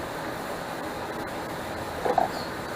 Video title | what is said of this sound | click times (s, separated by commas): 2007 - 2014 Dodge avenger thermostat housing replacement ep. 428 | Locks in place. | 2.2 s